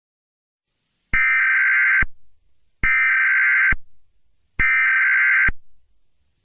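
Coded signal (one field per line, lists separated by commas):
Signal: Emergency Alert System (SAME) tones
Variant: header bursts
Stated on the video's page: Fictional EAS scenario, horror-themed, based on The Monument Mythos.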